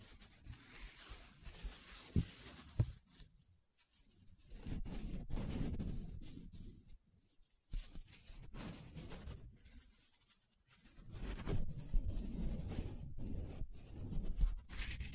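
Paper being rubbed and scratched in uneven bursts, with low, rough strokes swelling for a second or two at a time. Quiet gaps fall near 4, 7.5 and 10.5 seconds, and a few sharp ticks and scrapes cut through between the longer rubbing passages.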